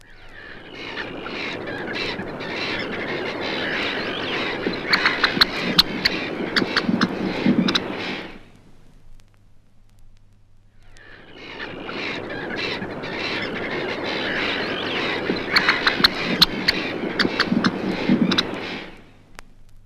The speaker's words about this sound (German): Im Hintergrund der Lärm einer Lachmöwenkolonie und ein singender Karmingimpel.